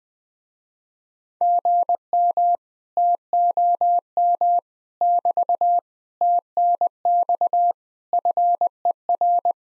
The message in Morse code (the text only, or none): GM TOM <BT> TNX FER